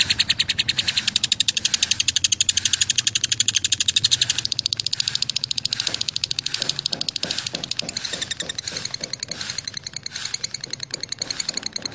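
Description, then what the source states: Lovebird chatter: dense, continuous, very fast high ticking and buzzing, with a faint low hum beneath. Song style called konslet.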